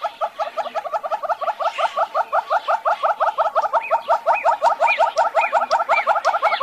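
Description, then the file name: Monteiro's hornbill giving a rapid, steady series of hollow clucks, about three a second, with higher upslurred notes joining in the second half. "Canto do calaus de monteiros"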